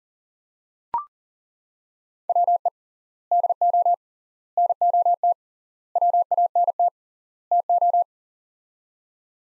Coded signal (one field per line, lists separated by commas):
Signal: Morse code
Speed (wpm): 40 wpm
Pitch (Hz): 700 Hz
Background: none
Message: WE DO NOT WANT TO